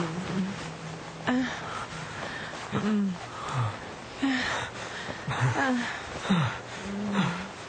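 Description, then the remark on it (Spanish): Two people breathing heavily in repeated ragged bursts, each breath carrying a faint voiced, whimpering edge, with a steady hiss of wind underneath and no words spoken. “Estábamos respirando muy fuerte. Era como estar corriendo, compitiendo por algo.”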